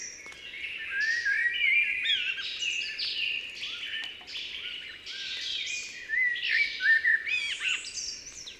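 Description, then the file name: Blackbird singing continuously, a dense run of fluty whistles and scratchy high twitters with little pause, over a faint low background hiss. "Turdus merula"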